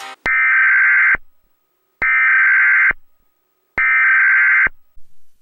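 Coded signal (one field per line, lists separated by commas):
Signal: Emergency Alert System (SAME) tones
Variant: header bursts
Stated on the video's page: Mock EAS alert with valid EAS tones.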